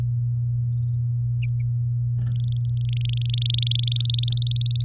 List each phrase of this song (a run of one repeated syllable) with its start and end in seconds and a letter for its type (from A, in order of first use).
2.35-3.85 A, 3.87-4.82 B